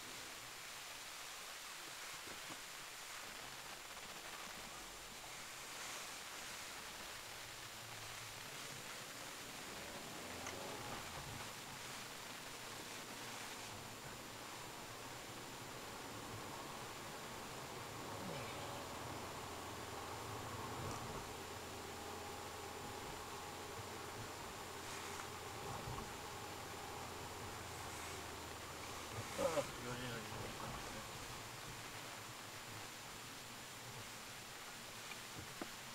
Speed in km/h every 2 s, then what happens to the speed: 4, 1, 1, 7, 13, 24, 24, 29, 33, 36, 38, 39, 38, 39, 34, 31, 25, 20.
1-5 standing. 5-20 pulls away to 38. 20-26 steady at about 38. 26-36 slows to 20.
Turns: none.